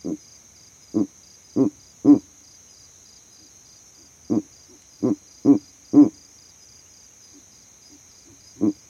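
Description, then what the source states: Verreaux's eagle owl hooting low and gruff in bursts of four, with pauses of two to three seconds between groups, and a constant cricket-like whine behind. Male advertising his territory from a tree in the savanna; captured overnight by a sound recording rig set up in that same tree.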